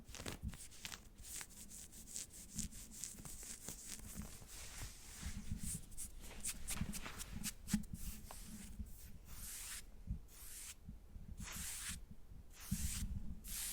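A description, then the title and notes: Fingernails scratch over stretchy leggings fabric in quick, uneven strokes, with bright rasping bursts, a few pauses, and soft low rubbing underneath. ASMR Fabric Sounds, Scratching on Leggings, Shorts, Pants.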